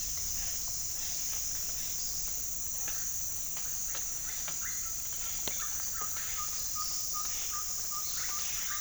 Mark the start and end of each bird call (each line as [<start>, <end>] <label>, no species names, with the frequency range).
[4.66, 8.81] bird call (0.9-2.2 kHz)